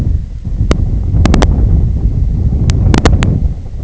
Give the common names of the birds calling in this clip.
none